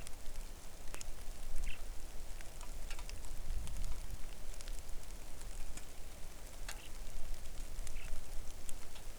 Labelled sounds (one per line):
songbird
rain